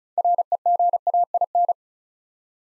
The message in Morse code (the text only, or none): REGAIN